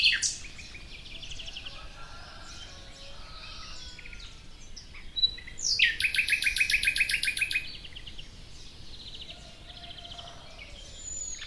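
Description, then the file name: Common nightingale song: a loud, rapid buzzing trill of repeated high notes near the middle, with quieter varied warbled phrases before and after. "Luscinia megarhynchos"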